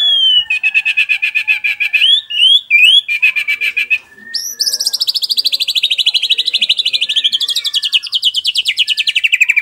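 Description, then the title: White-rumped shama song: a buzzy note series, then several quick rising whistles, then a long fast run of sharp repeated notes that slowly falls in pitch. Masteran training song for caged birds, described as labaik. "MURAI BATU LABAIK"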